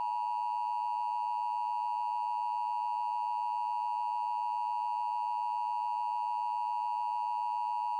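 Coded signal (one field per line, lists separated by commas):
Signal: Emergency Alert System (SAME) tones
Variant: 853 and 960 Hz attention tone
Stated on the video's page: Fictional EAS scenario, deliberately unrealistic.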